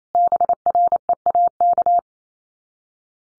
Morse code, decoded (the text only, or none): BREAK